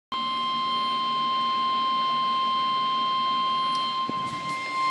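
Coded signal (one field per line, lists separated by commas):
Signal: Emergency Alert System (SAME) tones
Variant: 1050 Hz attention tone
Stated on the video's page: Real NOAA Weather Radio EAS alert for a severe thunderstorm warning.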